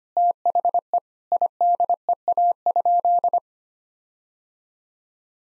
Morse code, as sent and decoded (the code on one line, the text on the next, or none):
- .... . / .. -.. . .- ..--..
THE IDEA?